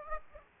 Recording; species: mosquito wingbeat signal from an infrared sensor; Aedes aegypti